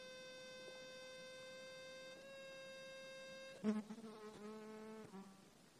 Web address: alaska acoustic highlights highlights audio INSECTS KATMJOJO 20160628 090025